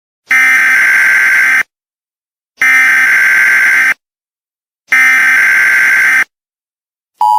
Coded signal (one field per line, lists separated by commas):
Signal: Emergency Alert System (SAME) tones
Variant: header bursts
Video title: The Oregon storm.. (EAS scenario) Part 2